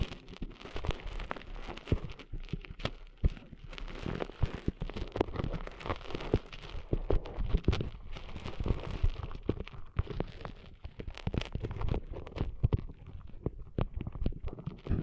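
Sand being cleaned out of an ear makes a dense, irregular crackling of sharp scratches and pops, some bright and some dull. A low rumbling thump runs underneath, and the scraping continues without pause for the whole stretch, with no voices.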